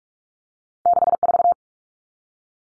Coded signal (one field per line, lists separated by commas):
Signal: Morse code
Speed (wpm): 44 wpm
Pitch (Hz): 700 Hz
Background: none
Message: 64